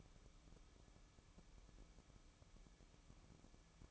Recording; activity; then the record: daily activity, microphone in the room; take from stove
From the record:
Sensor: 1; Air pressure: 1008.0 hPa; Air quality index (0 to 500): 131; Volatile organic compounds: 2 ppm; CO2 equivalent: 1103 ppm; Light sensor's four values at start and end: 8/18/7/8 and 8/18/7/8